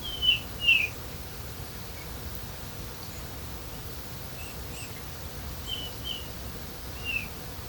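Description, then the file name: Eurasian bullfinch calls: short piping whistles, a loud pair at the start and several fainter ones later, over steady low background hiss. "Pyrrhula pyrrhula"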